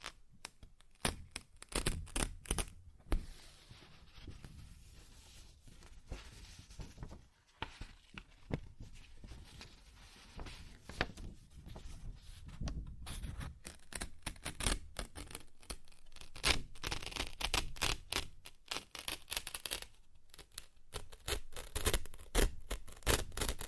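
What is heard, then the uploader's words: Paper is ripped and torn in a series of quick, uneven strokes, each a crisp rasping burst that reaches high and bright. The tearing comes in clusters with brief pauses, growing denser and louder after about fifteen seconds, with low thumps underneath. ASMR Paper Ripping Tearing Sounds (No Talking).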